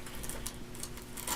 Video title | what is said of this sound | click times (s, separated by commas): Crawling Dead Unboxing | that little clicking noise all right there we go | 0.5 s